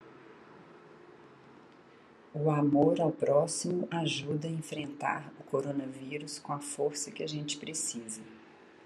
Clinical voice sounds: spoken sentence; Brazilian Portuguese; female; 50 to 59 years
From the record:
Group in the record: control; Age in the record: 50 years

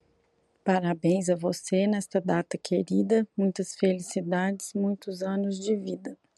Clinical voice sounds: short text; Brazilian Portuguese; female; 30 to 39 years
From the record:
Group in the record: control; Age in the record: 39 years

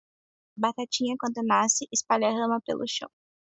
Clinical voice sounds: short text; Brazilian Portuguese; female; 20 to 29 years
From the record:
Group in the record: control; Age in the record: 24 years

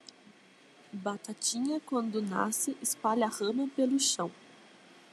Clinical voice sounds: short text; Brazilian Portuguese; female; 20 to 29 years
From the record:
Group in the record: control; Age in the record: 27 years

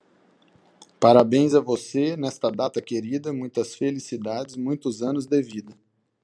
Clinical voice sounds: short text; Brazilian Portuguese; male; 30 to 39 years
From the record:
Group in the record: control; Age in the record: 32 years

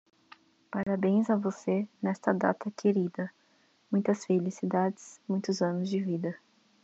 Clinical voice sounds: short text; Brazilian Portuguese; female; 20 to 29 years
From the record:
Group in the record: control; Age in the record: 23 years

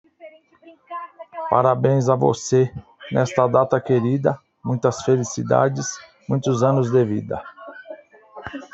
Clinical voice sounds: short text; Brazilian Portuguese; male; 40 to 49 years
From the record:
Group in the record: control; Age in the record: 47 years

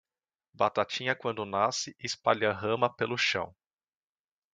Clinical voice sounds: short text; Brazilian Portuguese; male; 30 to 39 years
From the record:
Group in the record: control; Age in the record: 34 years

